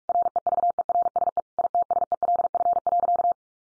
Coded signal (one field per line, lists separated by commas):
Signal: Morse code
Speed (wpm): 44 wpm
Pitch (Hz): 700 Hz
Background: none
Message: REVERSE ITSELF.